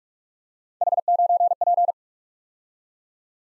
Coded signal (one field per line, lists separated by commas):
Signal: Morse code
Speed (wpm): 44 wpm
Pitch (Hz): 700 Hz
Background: none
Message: H9P